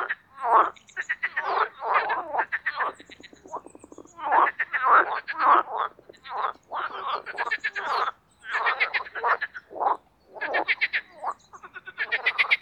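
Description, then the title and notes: Marsh frogs giving chattering, laugh-like croak series, bursts of rapid pulses following one another closely, with several callers overlapping throughout. Spring mating chorus in an artificial pond created for water activities at Parc Chédeville, Oise, after a cold night. "au Parc Chédeville dans l'Oise. des grenouilles rieuses"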